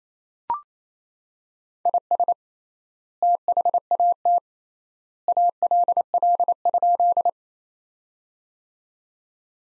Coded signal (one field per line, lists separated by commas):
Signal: Morse code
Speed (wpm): 28 wpm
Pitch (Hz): 700 Hz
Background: none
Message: IS THAT ALL?